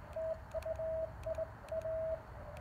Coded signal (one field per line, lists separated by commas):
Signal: Morse code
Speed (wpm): 17 wpm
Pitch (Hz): 660 Hz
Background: radio noise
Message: TU IA